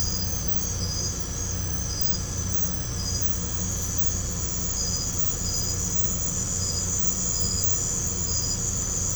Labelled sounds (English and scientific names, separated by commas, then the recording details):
none
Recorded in pastures near Puerto Asís, Putumayo, Colombia, on 16 December 2024 at 22:30
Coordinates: 0.505, -76.324
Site G063